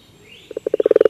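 Common toad call, a burst of low croaking pulses that starts slowly and speeds up into a quick, steady rattle.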